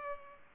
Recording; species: mosquito wingbeat signal from an infrared sensor; Culex pipiens